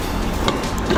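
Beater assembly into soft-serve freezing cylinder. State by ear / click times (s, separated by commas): seated / 0.5 s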